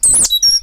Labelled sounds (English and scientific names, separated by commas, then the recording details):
Stitchbird (Notiomystis cincta) song
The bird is a male
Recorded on Tiritiri Matangi Island, New Zealand, in 2005
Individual 8, of nest box 10